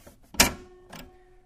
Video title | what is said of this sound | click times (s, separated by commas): Duchin Productions - Equipment Carts Overview | Now it's locked. | 0.4 s